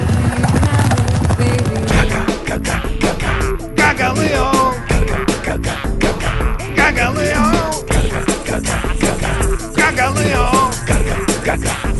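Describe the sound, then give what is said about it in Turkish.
Horses gallop with a dense, rapid clatter of clip-clopping hooves, loud and steady for about twelve seconds, mixed with a busy layer of other noise. “Atlar da öyle.”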